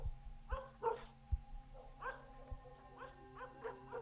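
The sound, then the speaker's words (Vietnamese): A dog barks in a series of short, sharp yaps, some clustered in quick pairs, mixed with higher whining yips over a low background hum. “Đầu đó có tiếng chó cắn ma nhấm nha nhấm nhặng vang lên”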